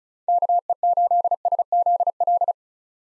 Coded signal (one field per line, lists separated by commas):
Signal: Morse code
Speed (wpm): 36 wpm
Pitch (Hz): 700 Hz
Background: none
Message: KE8SZL